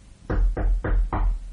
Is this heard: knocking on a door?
yes